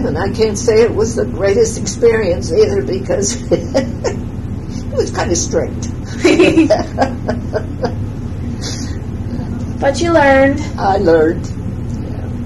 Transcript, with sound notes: I can say it wasn't the greatest experience because he was kind of strict. [laughs]
But you learned.
I learned.